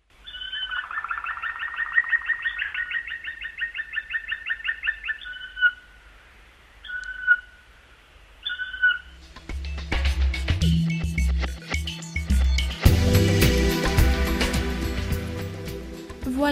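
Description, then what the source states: Black woodpecker song, a rapid ringing series of repeated notes for about five seconds, then a few single calls. Song resonating through the forest, audible more than a kilometre away.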